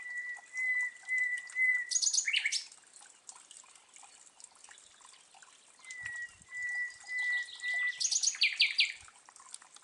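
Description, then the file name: Common nightingale song, long pure whistled notes held at one pitch, each run ending in a fast buzzy rattle of high notes, the pattern heard twice. "Luscinia megarhynchos"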